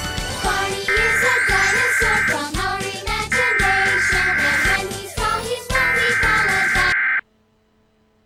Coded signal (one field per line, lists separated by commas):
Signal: Emergency Alert System (SAME) tones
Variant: header bursts